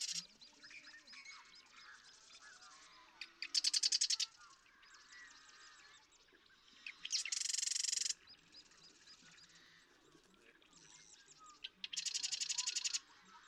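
Marsh Wren song: three loud harsh buzzy rattles spaced a few seconds apart, with softer chattering between them.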